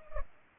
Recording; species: mosquito wingbeat signal from an infrared sensor; Culex pipiens